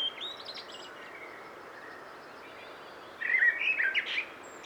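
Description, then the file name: Common blackbird singing one warbled, fluty phrase after faint high squeaky notes at the start, with background hiss. "Turdus merula"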